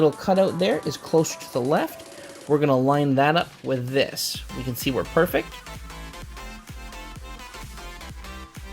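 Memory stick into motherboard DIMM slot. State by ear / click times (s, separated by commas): not seated / none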